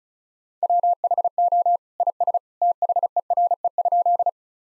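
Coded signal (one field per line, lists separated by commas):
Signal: Morse code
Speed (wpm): 36 wpm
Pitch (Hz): 700 Hz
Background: none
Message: WHO IS THERE?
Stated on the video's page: Morse practice drill at 35 wpm, sentences of common two-word phrases, each sent twice.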